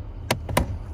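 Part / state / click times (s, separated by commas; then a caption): hood latch released by cabin lever in a car / released / 0.3 s, 0.6 s. In a Toyota Avalon, the interior hood release lever by the driver's feet is pulled back until the hood latch pops free. Sharp pops are heard at 0.3 s and 0.6 s, with a softer tap in between, and the hood is released.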